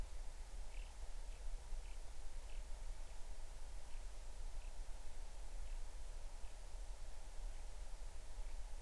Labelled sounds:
songbird
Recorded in the Arctic National Wildlife Refuge, Alaska, on 20 July 2019 at 03:14
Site 38

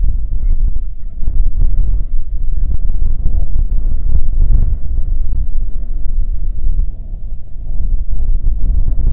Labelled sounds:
waterfowl
wind
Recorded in the Prudhoe Bay oil fields, Alaska, on 15 May 2019 at 00:01
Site 19

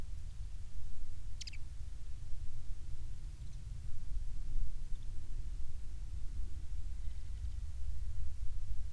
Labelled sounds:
songbird
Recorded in the Arctic National Wildlife Refuge, Alaska, on 5 August 2019 at 13:39
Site 49

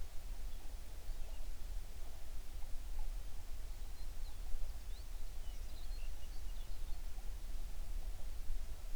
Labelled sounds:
songbird
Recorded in the Prudhoe Bay oil fields, Alaska, on 11 June 2019 at 05:24
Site 21

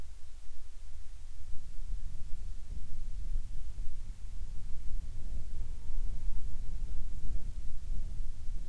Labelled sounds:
songbird
wind
insects
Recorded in the Prudhoe Bay oil fields, Alaska, on 10 July 2019 at 14:21
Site 14

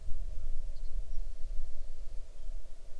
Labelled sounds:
songbird
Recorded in the Arctic National Wildlife Refuge, Alaska, on 6 July 2019 at 00:55
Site 39

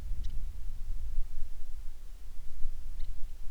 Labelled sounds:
songbird
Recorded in the Prudhoe Bay oil fields, Alaska, on 10 July 2019 at 09:35
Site 11

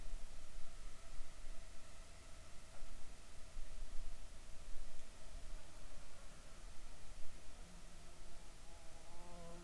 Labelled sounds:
insects
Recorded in the Arctic National Wildlife Refuge, Alaska, on 7 July 2019 at 19:37
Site 41

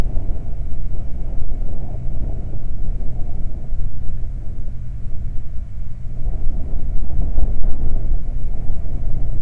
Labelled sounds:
wind
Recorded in the Prudhoe Bay oil fields, Alaska, on 12 July 2019 at 00:00
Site 29

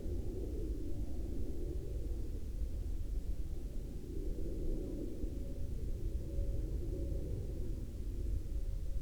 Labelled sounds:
aircraft
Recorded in the Arctic National Wildlife Refuge, Alaska, on 18 May 2021 at 18:29
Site 39

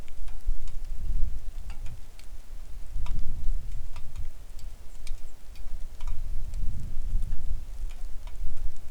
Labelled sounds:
wind
rain
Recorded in the Arctic National Wildlife Refuge, Alaska, on 3 August 2019 at 09:56
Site 41

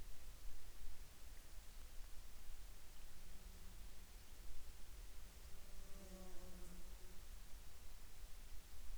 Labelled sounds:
insects
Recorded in Ivvavik National Park, Yukon, on 29 June 2019 at 19:52
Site SINP06

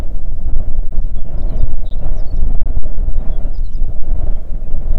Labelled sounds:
songbird
wind
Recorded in the Arctic National Wildlife Refuge, Alaska, on 3 June 2019 at 05:01
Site 37

